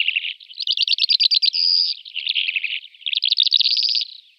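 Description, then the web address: Calandra lark singing a dense, scratchy stream of rapid trills, rattling buzzes and a sustained whistled note, varied and unbroken, with no other sounds audible. "Schulze Peter Calandra Lark song"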